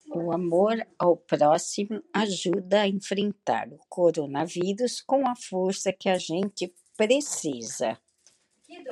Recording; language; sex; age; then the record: spoken sentence; Brazilian Portuguese; female; 60 to 69 years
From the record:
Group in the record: control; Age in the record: 65 years